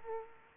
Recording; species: mosquito wingbeat signal from an infrared sensor; Aedes aegypti